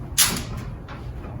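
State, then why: Not seated. A chalkboard panel held to a wall by an interlocking mounting strip pair is handled after re-leveling, as it is pressed back toward the wall strips. A bright scraping burst rises at about 0.2 s and fades by about 0.4 s, a softer rustle follows near 0.9 s, and a low hum runs underneath. Nothing has seated or clicked yet.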